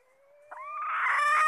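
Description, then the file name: Red junglefowl hen call: a thin tonal note that rises and swells into a loud, harsh, strained squawk. Red junglefowl hen, calling to find a mate. "tieng ga rung mai keu tim kiem ban tinh"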